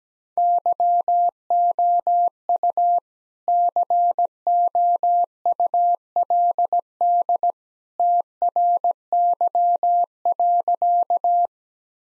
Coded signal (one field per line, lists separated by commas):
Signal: Morse code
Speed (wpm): 17 wpm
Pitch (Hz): 700 Hz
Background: none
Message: YOU COULD TRY.